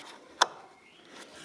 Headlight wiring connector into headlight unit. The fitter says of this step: you hear it click and you're gonna do the same for this side